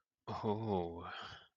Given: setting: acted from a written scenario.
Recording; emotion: vocal sound without words; desire